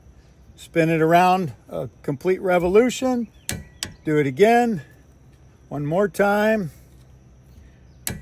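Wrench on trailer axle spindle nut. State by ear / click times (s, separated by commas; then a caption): torque reached / 8.1 s. A torque wrench is tightened on the steel spindle nut of a trailer axle after another full revolution of the rotor, a repeat pass. Someone talks, then the wrench clicks sharply at 8.1 s, confirming the nut has reached torque.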